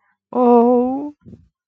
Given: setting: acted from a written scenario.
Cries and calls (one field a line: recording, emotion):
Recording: vocal sound without words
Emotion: fear